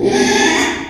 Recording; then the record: squeal of a Yucatan mini pig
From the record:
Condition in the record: after surgery on the right vocal fold (resection and tissue-engineered implant); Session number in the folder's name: 3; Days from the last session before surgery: 33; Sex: male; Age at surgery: 12 weeks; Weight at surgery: 13 kg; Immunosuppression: cyclosporine, prednisolone